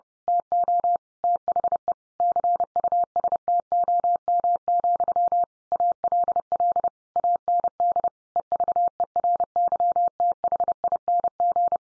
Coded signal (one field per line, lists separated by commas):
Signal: Morse code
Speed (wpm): 30 wpm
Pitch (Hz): 700 Hz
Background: none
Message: TO THE CUSTOM, ALL AND EVERYTHING